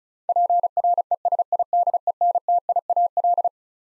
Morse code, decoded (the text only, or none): PRESIDENTIAL